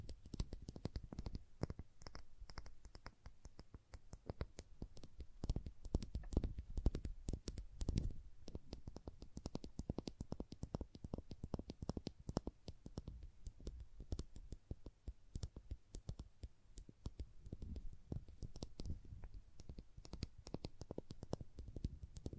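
Crayons tap and scrape against a surface in a dense, uneven run of short clicks and scratchy strokes that lasts the whole stretch. The hits come rapidly and irregularly, with a slightly busier, louder patch around five to eight seconds, and a faint low rumble underneath.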